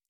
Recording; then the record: hydrophone in a shrimp aquaculture tank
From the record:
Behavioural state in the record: normal